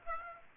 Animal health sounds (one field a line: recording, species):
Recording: mosquito wingbeat signal from an infrared sensor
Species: Aedes aegypti